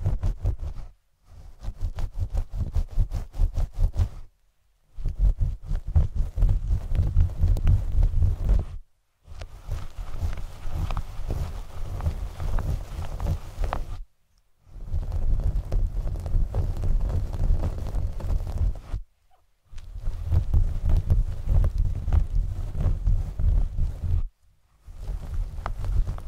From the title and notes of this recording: Fluffy Mic TRIGGERS. Scalp Massage. No Talking.